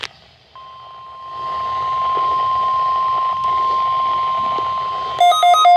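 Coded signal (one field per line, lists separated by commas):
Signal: Emergency Alert System (SAME) tones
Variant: 1050 Hz attention tone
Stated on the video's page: NOAA Weather Radio Required Weekly Test received on a WR-100 weather radio from a NWR transmitter on 162.400 MHz.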